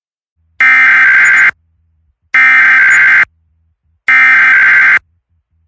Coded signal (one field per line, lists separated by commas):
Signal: Emergency Alert System (SAME) tones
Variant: header bursts